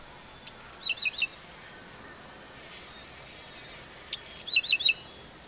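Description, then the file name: Black-throated sparrow giving two short clusters of high, tinkling, chirpy notes a few seconds apart over a steady background hiss. "Black-throated Sparrow - Amphispiza bilineata"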